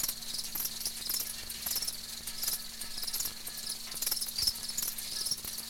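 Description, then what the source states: Crickets giving a steady, high, buzzing chorus of chirps, with occasional soft clicks underneath. Crickets kept in a wire cage.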